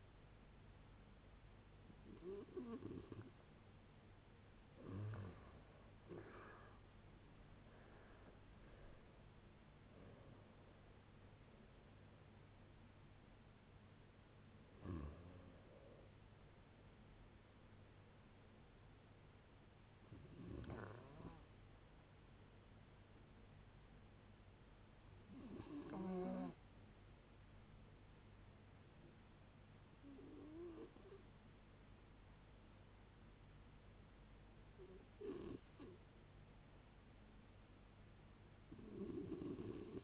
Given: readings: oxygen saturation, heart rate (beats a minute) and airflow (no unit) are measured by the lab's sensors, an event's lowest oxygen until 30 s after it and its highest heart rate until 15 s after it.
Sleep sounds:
a person awake in a sleep study, by a voice recorder at the bedside; none
0.00-40.04 s: awake
0.00-40.04 s: awake
From the record:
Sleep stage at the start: awake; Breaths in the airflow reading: 14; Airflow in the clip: -0.6 to 0.7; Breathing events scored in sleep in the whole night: 496 in 5.4 hours asleep

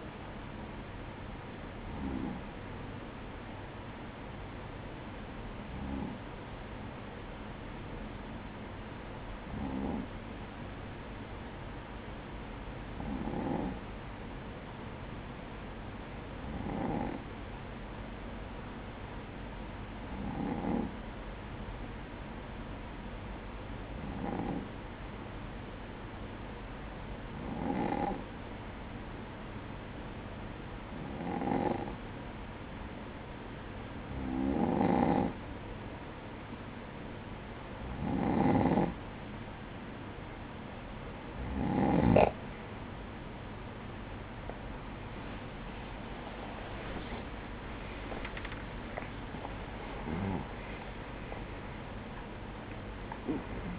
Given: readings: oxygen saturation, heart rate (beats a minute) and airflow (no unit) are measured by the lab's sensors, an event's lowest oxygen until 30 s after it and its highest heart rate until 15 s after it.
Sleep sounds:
breathing in sleep by a voice recorder at the bedside; 1
30.00-49.10 s: hypopnea (N2, oxygen 95% highest, then 93% lowest, heart rate 58 at the start, 78 highest)
From the record:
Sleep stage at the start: N2 (light sleep); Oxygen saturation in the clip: 94 to 95%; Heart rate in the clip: 55 to 73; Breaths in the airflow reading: 15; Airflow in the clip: -10.5 to 10.3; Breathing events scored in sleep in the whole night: 180 in 6.7 hours asleep

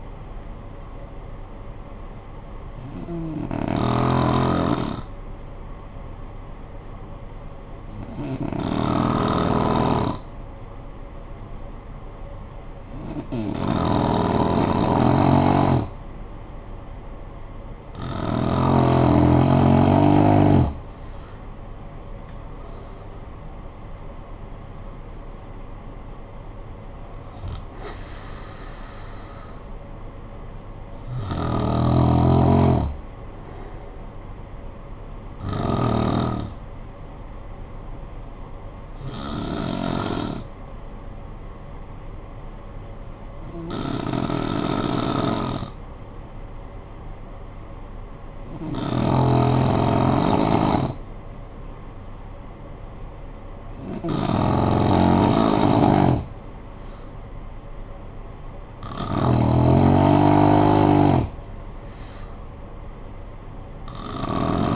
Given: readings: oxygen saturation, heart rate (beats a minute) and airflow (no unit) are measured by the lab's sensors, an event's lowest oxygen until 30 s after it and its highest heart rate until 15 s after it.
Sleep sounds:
breathing in sleep by a smartphone at the bedside; 2
5.00-22.60 s: hypopnea (N2, oxygen 95% highest, then 87% lowest, heart rate 53 at the start, 75 highest)
39.00-57.60 s: hypopnea (N2, oxygen 96% highest, then 89% lowest, heart rate 51 at the start, 56 highest)
51.00-64.75 s: new sleep stage, REM sleep
From the record:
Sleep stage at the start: N2 (light sleep); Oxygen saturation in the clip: 87 to 96%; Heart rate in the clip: 50 to 75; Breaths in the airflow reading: 13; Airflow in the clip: -11.5 to 8.4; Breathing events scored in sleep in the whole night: 445 in 7.6 hours asleep

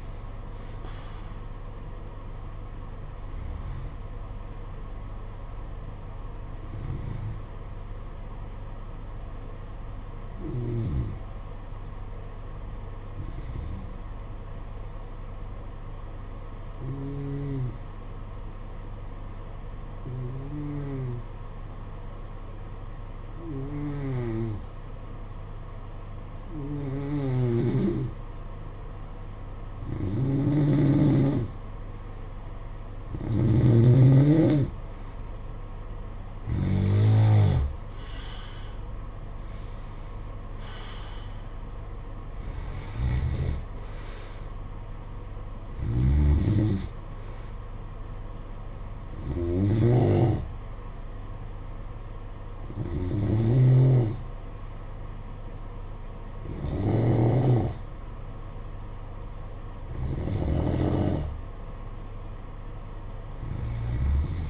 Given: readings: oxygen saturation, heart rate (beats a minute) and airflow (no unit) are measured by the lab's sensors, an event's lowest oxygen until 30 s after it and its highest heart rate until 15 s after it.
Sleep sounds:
breathing in sleep by a smartphone at the bedside; 1
6.00-33.80 s: hypopnea (N2, oxygen 96% highest, then 88% lowest, heart rate 54 at the start, 65 highest)
29.00-59.00 s: new sleep stage, N1 (lightest sleep)
59.00-64.50 s: new sleep stage, N2 (light sleep)
From the record:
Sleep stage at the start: N2 (light sleep); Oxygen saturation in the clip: 88 to 96%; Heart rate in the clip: 52 to 65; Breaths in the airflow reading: 19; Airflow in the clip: -13.5 to 9.1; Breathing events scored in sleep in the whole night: 476 in 9.7 hours asleep

